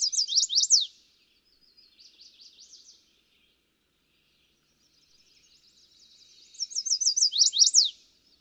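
Chestnut-sided warbler with loud downslurred notes, a softer high trill-like phrase, a pause, then a building rapid series ending in emphatic slurred notes.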